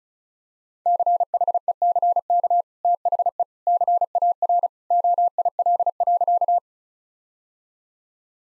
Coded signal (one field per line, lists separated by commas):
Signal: Morse code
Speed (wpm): 34 wpm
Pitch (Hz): 700 Hz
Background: none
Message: CHECK THE CAR OIL.